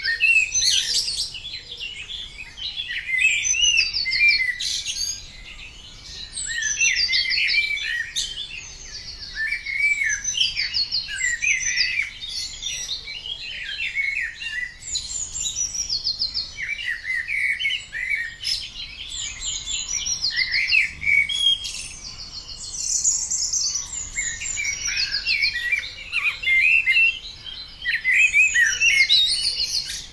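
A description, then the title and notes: A dawn chorus of many birds singing at once, with overlapping high, bright chirps and trills filling the whole half minute without pause. Several birds stand out while others blend into a dense layer, over a faint low rumble. Decibelic Descants (for international dawn chorus day). Recorded at dawn for the International Dawn Chorus Day. While under the coronavirus lockdown from an Anglesey garden.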